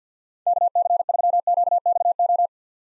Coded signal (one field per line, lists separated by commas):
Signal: Morse code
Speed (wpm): 50 wpm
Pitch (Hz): 700 Hz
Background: none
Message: KC3QXO